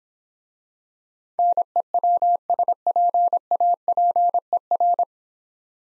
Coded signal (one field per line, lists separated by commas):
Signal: Morse code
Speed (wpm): 26 wpm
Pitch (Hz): 700 Hz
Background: none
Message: NEWSPAPER